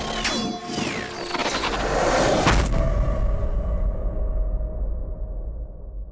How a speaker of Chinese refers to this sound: 在一声声爆炸中，十二根蓝银草先后破碎，但那刺骨的疼痛以及自身火元素爆炸所产生的震荡，却依旧令火无双痛不欲生。